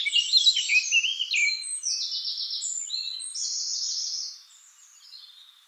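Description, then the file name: Eurasian blackcap song: fast, dense twittering of buzzy, rattling notes lasting about four seconds, then fading to quiet. "Sylvia atricapilla"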